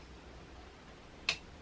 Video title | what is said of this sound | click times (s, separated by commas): #DIY #How to master your #serger stitches | make sure it clicks through here listen | 1.3 s